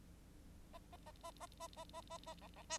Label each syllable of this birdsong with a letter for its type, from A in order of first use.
A A A A A A A A A A B B C